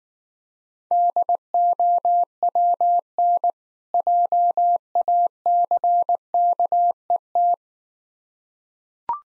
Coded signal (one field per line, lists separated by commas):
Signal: Morse code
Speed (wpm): 19 wpm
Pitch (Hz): 700 Hz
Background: none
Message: DOWN JACKET